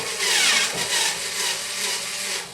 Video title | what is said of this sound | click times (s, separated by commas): Odd Bearings Issue - NS Industrial Fans HV-20B 20" High Velocity Fan | that one stripped as | none